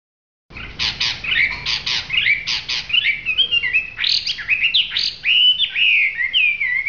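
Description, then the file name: Hwamei song, a fast, varied run of loud whistled and chattering phrases, shifting from clipped notes to slurred rising and falling whistles. Singing in a lively, vigorous style called gacor. "audio hwamei gacor. omkicau"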